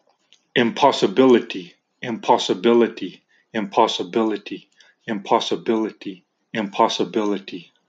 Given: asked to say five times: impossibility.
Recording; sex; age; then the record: repeated word; male; 40 to 49 years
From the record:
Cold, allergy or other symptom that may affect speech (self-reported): no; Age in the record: 42 years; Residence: Texas, United States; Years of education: 19